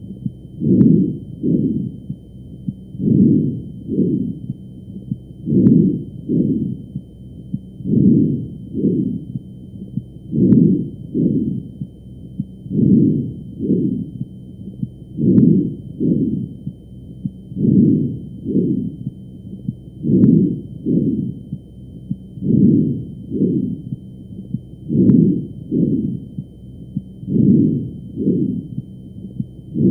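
Steady, regular breathing, about 25 breaths a minute. Each breath has a soft, low rushing inhalation and an exhalation of about the same length and loudness. These are bronchovesicular breath sounds, a normal finding over the central airways, with faint periodic clicks in the background.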